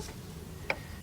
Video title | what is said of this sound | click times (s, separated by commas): ⭐ 2004 Ford Explorer Sport Trac - 4.0 - How To Find An Antifreeze Leak | other end goes like an air Chuck you pull it back lock into place | 0.7 s